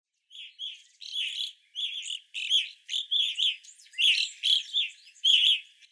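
Evening Grosbeak calls: a series of burry chirped notes.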